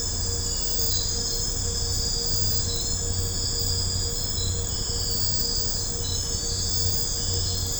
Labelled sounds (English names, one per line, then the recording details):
none
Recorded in secondary vegetation near Puerto Asís, Putumayo, Colombia, on 20 December 2024 at 23:30
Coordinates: 0.502, -76.326
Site G028